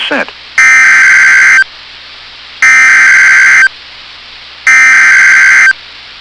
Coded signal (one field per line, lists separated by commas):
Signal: Emergency Alert System (SAME) tones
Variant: header bursts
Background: speech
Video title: [EAS Compilation] Severe Thunderstorm Warnings on NOAA Weather Radio WXM99 6 August